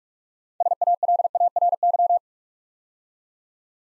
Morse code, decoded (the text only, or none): SALARY